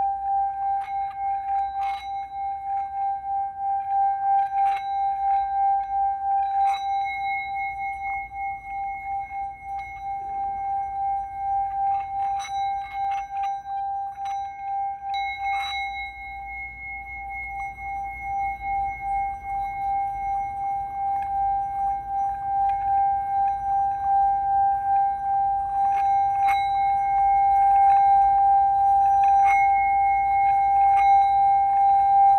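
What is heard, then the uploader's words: A Tibetan singing bowl rings with a steady, sustained hum around a single mid-pitched tone, with a higher shimmering overtone drifting in and out. Small taps and clicks recur every few seconds, and the slow wavering pulse of the ringing grows slightly louder toward the end. Smooth sounds of this ancient Tibetan sound bowl.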